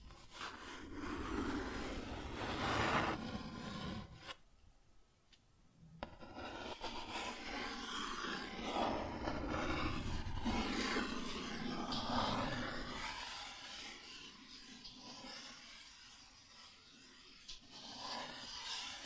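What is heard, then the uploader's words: Cardboard is scratched and rubbed in long, rough strokes that swell and fade, with a brief near-silent gap around five seconds. The noisy scraping stays dense and fairly steady through most of the clip, easing somewhat after twelve seconds before picking up again near the end. Cardboard Scratching, Tracing, Tearing.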